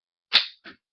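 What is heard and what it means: A full, slightly tight magazine is pushed into the grip of a Glock 19 pistol and smacked home with the palm, giving a sharp slap-like click at 0.35 s. A softer, shorter knock follows at about 0.68 s. The magazine is seated.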